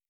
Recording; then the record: hydrophone in a shrimp aquaculture tank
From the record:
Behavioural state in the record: feeding